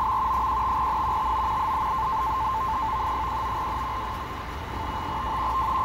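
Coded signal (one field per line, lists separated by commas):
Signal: NAVTEX (SITOR-B)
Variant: 100 baud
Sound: fast continuous warbling between two close tones near 1 kHz, over hiss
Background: radio static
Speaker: decoding the marine weather information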